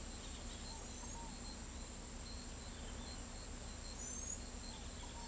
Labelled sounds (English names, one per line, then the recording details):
Scaled Dove
Palm Tanager
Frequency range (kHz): Scaled Dove 0.6-1.1 kHz; Palm Tanager 5.6-8.2 kHz
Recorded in pastures near Pivijay, Magdalena, Colombia, on 3 June 2023 at 07:00
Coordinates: 10.456, -74.369
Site P6-G026